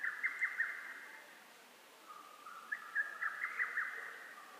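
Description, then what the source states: Lesser cuckoo giving two whistled phrases of quick staccato notes separated by a short pause. Recorded on 12 June 2010.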